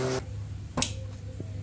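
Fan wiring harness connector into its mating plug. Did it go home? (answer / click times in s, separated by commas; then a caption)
no / none. A radiator fan wiring harness connector on a 350Z/G35 is pushed into its mating plug while the fans are being wired to a switch panel. Over a steady low hum, a sharp short tap lands at about 0.8 s and a faint one near 1.4 s. The connector is fully inserted, but nothing has clicked or latched yet.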